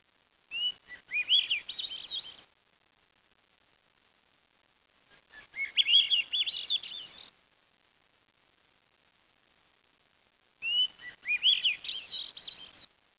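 Bird song: three bright warbled phrases of about two seconds each, rising and twittering high, separated by long silent pauses.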